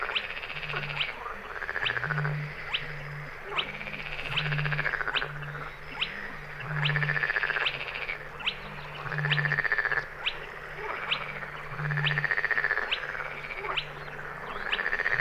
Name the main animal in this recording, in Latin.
Porzana porzana